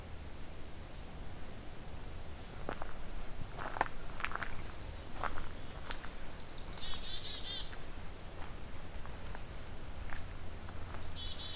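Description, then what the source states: Black-capped Chickadee giving a high note followed by several buzzy dee notes, then another call near the end; scattered clicks and rustling ticks sound earlier. Typical chickadee-dee-dee call.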